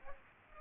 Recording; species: mosquito wingbeat signal from an infrared sensor; Aedes aegypti